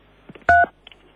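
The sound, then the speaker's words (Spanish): A single steady telephone keypad tone, from the pound key and 3 being pressed, sounds for a fraction of a second, loud and clear, with a few soft clicks and faint background noise before and after. “Numeral 3, por favor, Rosy, presiona en el teléfono.”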